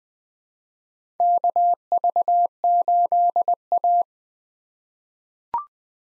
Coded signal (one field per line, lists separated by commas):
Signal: Morse code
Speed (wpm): 20 wpm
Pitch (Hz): 700 Hz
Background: none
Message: KV8A